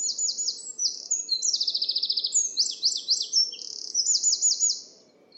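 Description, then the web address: Bird song, a fast sequence of high whistled slurs, buzzy trills and repeated downslurred notes, continuous over several seconds on a quiet background. "Deverinetal 2025 File origin Bird Only"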